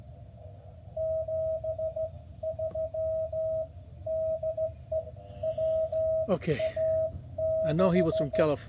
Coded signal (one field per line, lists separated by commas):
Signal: Morse code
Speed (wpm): 14 wpm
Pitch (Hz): 640 Hz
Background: speech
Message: 73 DE WA6